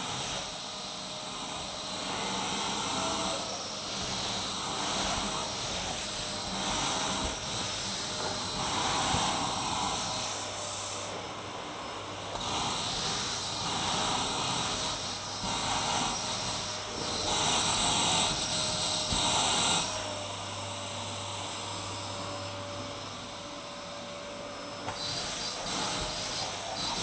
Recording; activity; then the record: daily activity, microphone in the room; vacuum cleaning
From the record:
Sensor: 3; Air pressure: 991.0 hPa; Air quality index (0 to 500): 129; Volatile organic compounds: 151 ppm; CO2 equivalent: 4026 ppm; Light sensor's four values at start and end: 30/71/28/27 and 21/51/21/20